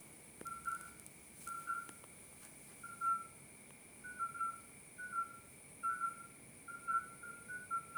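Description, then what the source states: Midwife toad calls: a steady series of short, pure, piping whistles at slightly varying pitch, over a faint steady high hiss. 30 May 2024 at 22:30, at night.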